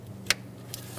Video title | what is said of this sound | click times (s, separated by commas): How to Replace Alternator 2010-2013 Kia Soul 2.0L L4 | when you hear the click you know you're in and then put | 0.3 s